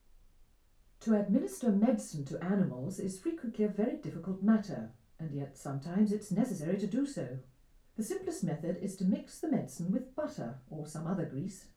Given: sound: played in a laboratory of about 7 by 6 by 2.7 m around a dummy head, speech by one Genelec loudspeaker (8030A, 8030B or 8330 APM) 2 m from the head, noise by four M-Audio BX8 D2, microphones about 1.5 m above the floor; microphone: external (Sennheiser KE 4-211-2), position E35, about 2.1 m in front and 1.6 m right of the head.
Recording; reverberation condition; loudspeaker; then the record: female speech in English; low; in front (0 degrees)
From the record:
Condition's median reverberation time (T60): about 310 ms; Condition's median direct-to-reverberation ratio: about 3.5 dB